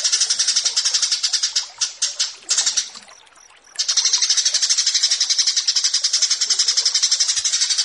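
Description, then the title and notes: Australasian bushlark singing a long fast stream of high, scratchy repeated notes, with one short pause midway. Bird-keeping song tutoring (masteran). "Branjangan VS BURGER Masteran Mewah 1. burung BRANJANGAN"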